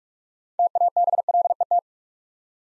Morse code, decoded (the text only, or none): TABLET